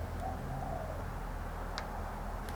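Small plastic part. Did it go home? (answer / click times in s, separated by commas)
yes / 1.8 s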